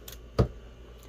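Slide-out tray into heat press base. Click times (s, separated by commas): 0.4 s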